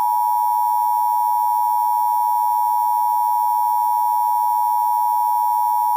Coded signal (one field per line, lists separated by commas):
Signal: Emergency Alert System (SAME) tones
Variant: 853 and 960 Hz attention tone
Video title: EAS Reenactment Mock: A confirmed tornado lets Jacksonville go - 07/07/2021